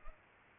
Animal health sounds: mosquito wingbeat signal from an infrared sensor; Culex pipiens

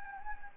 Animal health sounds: mosquito wingbeat signal from an infrared sensor; Anopheles gambiae

